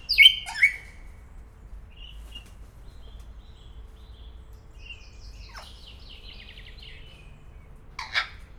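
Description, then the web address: Grey parrot calls: loud harsh squawks at the start, a softer chattering run of notes midway, and another sharp call near the end. Szeged Zoo, 2011; calling continuously every day. "allathangok szegedizoo 2011 standardt jakopapagaj folyamatosanaprankent"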